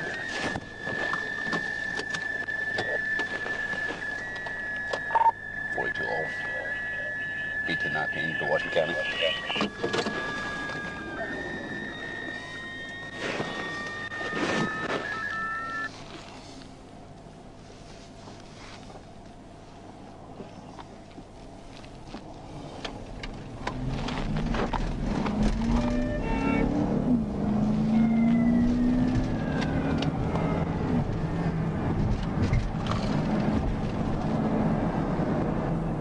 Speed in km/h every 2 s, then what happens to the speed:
0, 0, 0, 0, 0, 0, 0, 0, 0, 0, 11, 34, 58, 66, 87, 95, 100, 103.
0-19 standing. 19-36 pulls away to 103.